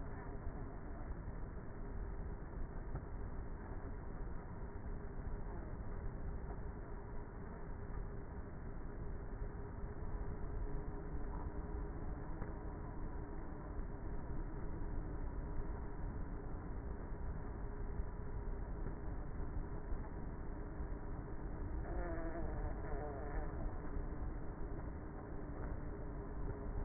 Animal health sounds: honeybee colony, microphone inside the hive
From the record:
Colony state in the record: queenless with a low population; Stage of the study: before two queens were removed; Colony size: about 30,000 bees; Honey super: no

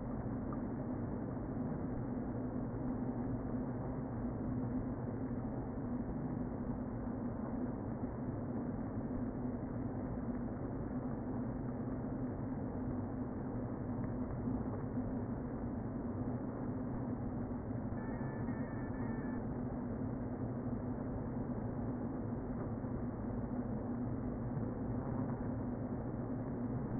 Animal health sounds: honeybee colony, microphone inside the hive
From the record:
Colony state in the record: queen present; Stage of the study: before two queens were removed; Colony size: about 60,000 bees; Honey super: yes

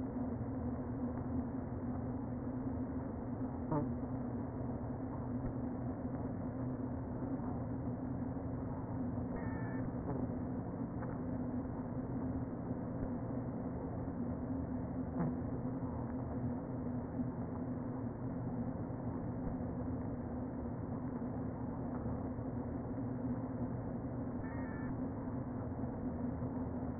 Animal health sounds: honeybee colony, microphone inside the hive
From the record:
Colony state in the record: queen present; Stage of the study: before two queens were removed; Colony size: about 60,000 bees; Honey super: yes

